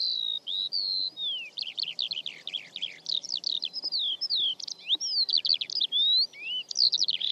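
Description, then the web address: Bird song of quick, jumbled phrases mixing rising and falling whistles with dense chattering notes, delivered almost continuously over a faint low background. "Bird Only"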